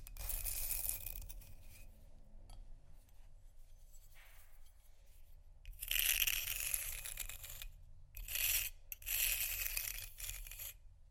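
Ice being scratched and tapped, with bright grinding scrapes in bursts around six, eight and nine seconds over a low steady hum.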